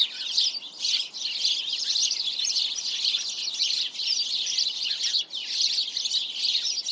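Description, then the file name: House sparrows in a noisy chorus, overlapping chirps swelling and easing, the chatter never fully stopping. "Passer domesticus"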